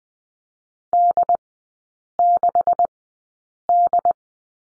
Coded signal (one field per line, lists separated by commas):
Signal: Morse code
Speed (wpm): 20 wpm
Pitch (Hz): 700 Hz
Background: none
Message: D6D